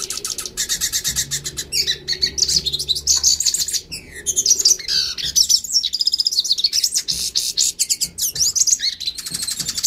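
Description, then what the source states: Yellow-faced siskin singing a rapid, continuous jumble of high chirps, slurred whistles and dry rattling trills with no real break. Northeast Brazil.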